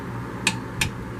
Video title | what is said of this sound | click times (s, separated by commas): Replacing the front brake shoes on a 2008 Royal Enfield | that is the click | 0.5 s